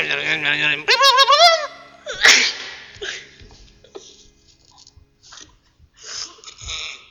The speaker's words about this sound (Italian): Non preoccupatevi ragazzi, anche se avete sentito dei rumori strani, dei versi animaleschi, degli starnuti e quant'altro, insomma, siete sempre su Radio Ro.